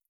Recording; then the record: hydrophone in a shrimp aquaculture tank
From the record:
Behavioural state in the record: feeding